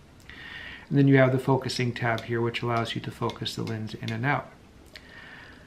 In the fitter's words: the early Laker rangefinder cameras they have a collapsible lens to operate the camera you have to pull the lens outward and turn it until it locks into place then